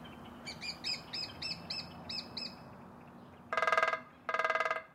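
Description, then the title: Lesser spotted woodpecker repeating a thin, high kee call several times over a low hum, followed by two quick, rattling drum rolls. Shrill kiikittävä call. "Viikon luontoääni: Pikkutikka"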